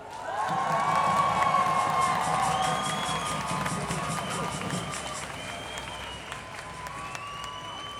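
An audience bursts into sustained clapping mixed with cheers and a few high whistles, a dense crackle that holds steady for several seconds before slowly thinning out.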